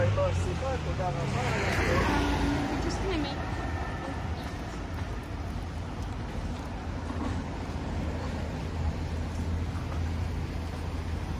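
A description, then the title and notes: Street sounds from a walk in Tel Aviv: a steady, low traffic rumble runs throughout with little change in level. Voices surface now and then, busiest in the first few seconds, and a vehicle passes by around two seconds. Street Sounds. Walking In Tel Aviv, Israel.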